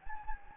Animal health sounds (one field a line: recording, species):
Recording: mosquito wingbeat signal from an infrared sensor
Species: Anopheles gambiae